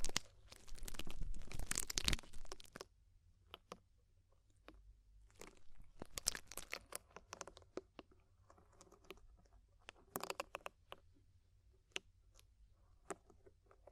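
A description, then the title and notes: Deep ear cleaning with dense crackling and crunching for the first three seconds, then sparse clicks and scratchy bursts over a low hum. DEEP Ear Penetrating Cleaning.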